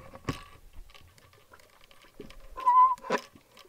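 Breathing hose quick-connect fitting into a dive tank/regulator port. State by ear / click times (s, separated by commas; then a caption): seated / 0.3 s. A breathing hose quick-connect fitting is pushed into the port of a small dive air tank, which has a clicking lock system. A sharp click at 0.3 s marks the fitting locking into the port, followed by faint handling taps and a brief whistle-like tone near 2.6–2.9 s. The fitting ends up seated, clicked right into place.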